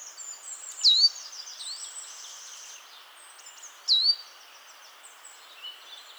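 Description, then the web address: Great tit, two clear downslurred whistled call notes about three seconds apart, set against a soft, continuous background of high twittering birds. "SETE data Parus major"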